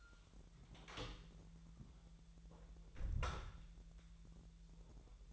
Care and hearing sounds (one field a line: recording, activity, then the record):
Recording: daily activity, microphone in the room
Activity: close door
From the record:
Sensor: 3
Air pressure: 1001.4 hPa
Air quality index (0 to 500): 250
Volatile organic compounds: 151 ppm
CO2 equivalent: 4026 ppm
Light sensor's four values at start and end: 13/30/13/13 and 13/30/13/13